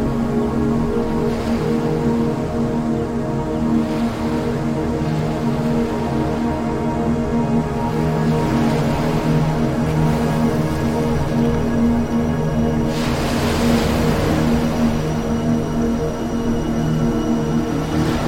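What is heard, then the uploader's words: Waves wash in every few seconds, strongest around thirteen to fifteen seconds, over a constant low droning hum that never lets up. Soothing Wave Sounds.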